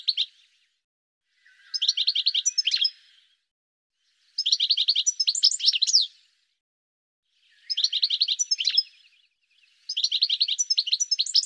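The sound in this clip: Bird chirping in high, rapid trilled phrases of about one to two seconds, repeated after short silences, with thin sharp notes layered above; no other sounds.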